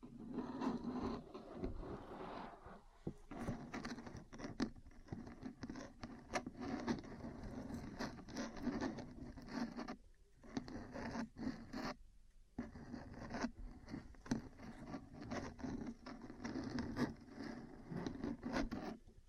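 Metal parts tap and scratch almost continuously, with a busy, uneven stream of small clicks, scrapes and rubbing strokes. A steady low-mid ringing tone runs underneath. The activity briefly thins out around ten and twelve seconds before resuming at the same density.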